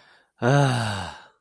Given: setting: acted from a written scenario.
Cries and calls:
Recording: vocal sound without words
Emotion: serenity

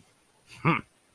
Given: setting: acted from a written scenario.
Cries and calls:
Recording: vocal sound without words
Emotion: pride

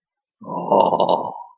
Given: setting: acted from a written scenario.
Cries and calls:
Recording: vocal sound without words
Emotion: desire

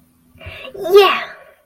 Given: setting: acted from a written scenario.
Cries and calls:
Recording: vocal sound without words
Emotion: elation

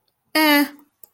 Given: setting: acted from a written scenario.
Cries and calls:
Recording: vocal sound without words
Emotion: neutral

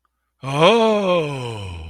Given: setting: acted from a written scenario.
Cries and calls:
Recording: vocal sound without words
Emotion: awe

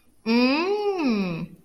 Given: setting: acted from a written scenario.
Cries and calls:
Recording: vocal sound without words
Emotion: realization

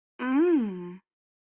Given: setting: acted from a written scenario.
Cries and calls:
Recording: vocal sound without words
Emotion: desire

